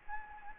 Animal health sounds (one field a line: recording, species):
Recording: mosquito wingbeat signal from an infrared sensor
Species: Anopheles gambiae